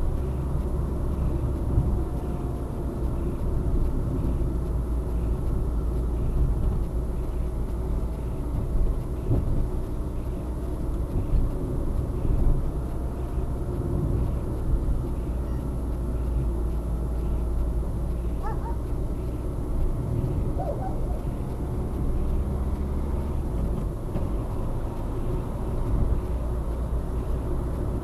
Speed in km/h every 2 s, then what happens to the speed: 49, 47, 45, 45, 47, 47, 48, 47, 45, 46, 46, 55, 60, 63.
0-19 steady at about 47. 19-28 speeds up to 63.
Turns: none.